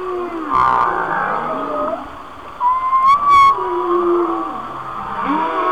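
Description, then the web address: Whale song of drawn-out whistles and moans, one bright rising whistle midway, with brief rasping bursts and background hiss. "Natures Songs Whale Songs Whale Songs- Mike Mc Donald"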